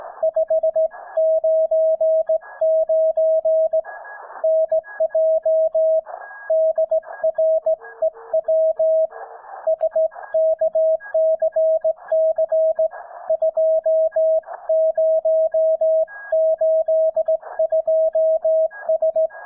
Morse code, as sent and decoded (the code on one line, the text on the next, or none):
..... ----. ----. / -. .--- / -.. .-. . .-- / ... -.- -.-. -.-. / ..--- ----- ---.. ..--- ...
599 NJ DREW SKCC 2082S